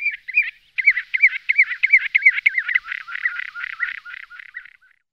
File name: corriere grosso